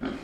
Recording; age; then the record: pig call; growing-finishing pig (85 days or more)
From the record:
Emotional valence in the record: negative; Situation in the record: barren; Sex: male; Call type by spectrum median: low-frequency call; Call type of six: low-frequency stable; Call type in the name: low-frequency stable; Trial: 2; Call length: 0.24 s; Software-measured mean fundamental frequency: 53 Hz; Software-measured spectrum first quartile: 258 Hz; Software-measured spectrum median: 422 Hz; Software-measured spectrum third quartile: 1264 Hz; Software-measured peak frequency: 258 Hz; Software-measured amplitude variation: 152 dB a second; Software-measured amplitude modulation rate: 28.8 a second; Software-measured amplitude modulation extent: 5.3 dB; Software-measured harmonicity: 3.1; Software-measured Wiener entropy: -1.34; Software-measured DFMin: 963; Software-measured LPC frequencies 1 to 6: 304, 1407, 2256, 3193, 4090, 4844 Hz